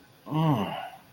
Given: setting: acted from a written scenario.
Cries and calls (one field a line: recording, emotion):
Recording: vocal sound without words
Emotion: desire